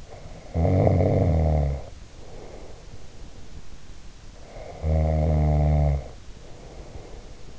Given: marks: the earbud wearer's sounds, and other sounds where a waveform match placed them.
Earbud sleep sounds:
sounds in sleep by an in-ear microphone; snoring breath
0.08-3.59 s: snoring breath
4.25-7.59 s: snoring breath

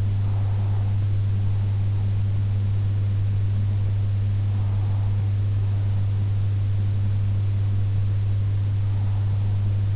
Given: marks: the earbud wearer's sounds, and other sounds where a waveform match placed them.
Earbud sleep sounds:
sounds in sleep by an in-ear microphone; breath
0.00-1.99 s: breath

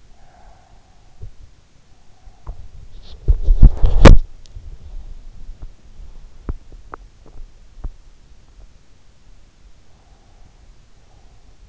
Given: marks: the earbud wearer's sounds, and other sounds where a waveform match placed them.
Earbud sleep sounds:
sounds in sleep by an in-ear microphone; breath, body movement
0.00-2.66 s: breath
2.30-8.89 s: body movement
9.87-11.69 s: breath

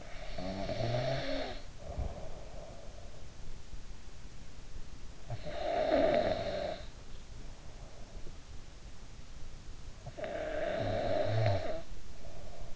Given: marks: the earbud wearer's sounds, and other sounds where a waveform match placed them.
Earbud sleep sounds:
sounds in sleep by an in-ear microphone; snoring breath
0.00-3.20 s: snoring breath
5.36-7.85 s: snoring breath
10.00-12.76 s: snoring breath

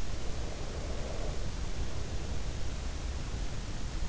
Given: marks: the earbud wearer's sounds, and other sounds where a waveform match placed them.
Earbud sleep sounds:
sounds in sleep by an in-ear microphone; breath
0.00-3.50 s: breath

